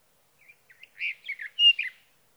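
Sage thrasher song fragment, a few short warbled and slurred notes building to a louder burst of varied phrases.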